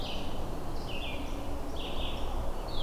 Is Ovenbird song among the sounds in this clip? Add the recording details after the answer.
no. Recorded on 21 June 2016 at 07:49. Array SBT-6-76